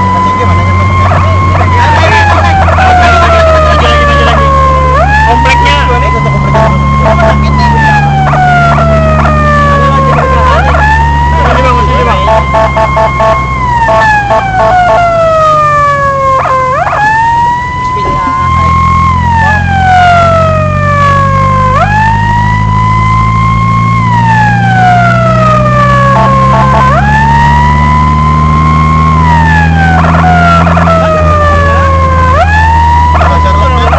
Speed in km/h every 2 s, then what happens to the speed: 78, 65, 60, 61, 63, 60, 53, 42, 30, 33, 36, 41, 43, 53, 60, 62, 56.
0-3 brakes to 60. 3-9 steady at about 61. 9-16 brakes to 30. 16-28 speeds up to 60. 28-34 steady at about 60.